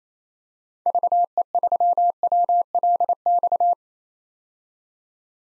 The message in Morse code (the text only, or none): VE3WLX